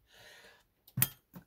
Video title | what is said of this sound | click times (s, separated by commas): Adding / Installing a new Pylontech us3000c us5000 us2000c battery to a existing setup/stack | okay so it's all clicked in place now as you can see | 1.0 s